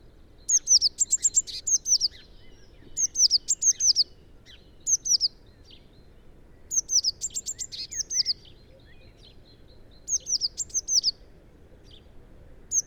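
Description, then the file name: Eurasian blue tit singing high, thin trilled phrases, repeated in bursts with pauses between, over low background noise. "Cyanistes caeruleus"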